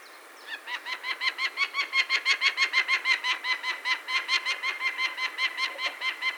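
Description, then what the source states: Peregrine falcon call: a fast series of harsh, nasal kak notes, building in loudness then holding steady to the end. Recorded 6 May 2013, at about 13:10.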